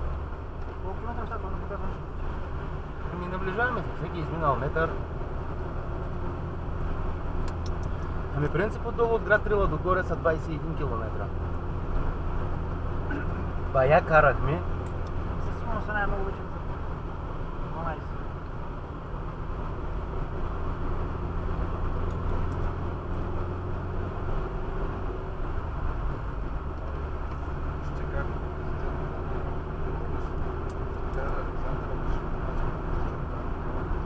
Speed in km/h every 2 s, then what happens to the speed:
47, 46, 50, 51, 51, 51, 52, 52, 48, 47, 46, 53, 53, 55, 59, 59, 61.
0-14 steady at about 51. 14-20 slows to 46. 20-34 speeds up to 61.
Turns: none.